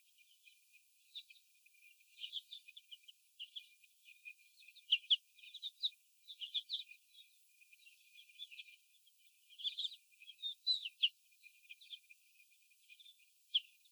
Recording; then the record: young laying hens in a cage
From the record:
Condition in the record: after the stressor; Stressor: sudden umbrella opening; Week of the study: 2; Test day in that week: 1